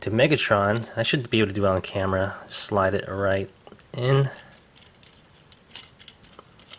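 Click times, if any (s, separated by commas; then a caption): none. Someone talks while a plastic DNA Designs DK-09 upgrade-kit arm is slid onto the shoulder joint of a Studio Series 13 Megatron action figure. After the talking, quiet handling ticks come from the plastic parts at about 5.0, 5.8, 6.1, 6.4 and 6.7 seconds. The clip ends before the arm goes all the way in, so nothing has snapped into place yet.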